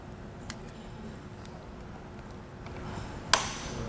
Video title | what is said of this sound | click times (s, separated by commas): etrailer - DIY 2020 Jeep Renegade Installation for the Yakima RidgeLine Roof Rack for Flush Rails | keep twisting until you hear a nice audible click | 3.3 s